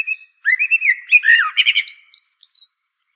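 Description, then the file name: Common blackbird song: a mellow, wavering whistled phrase rising and falling, followed by a high, squeaky chattering tail and a thin final note. "Turdus merula"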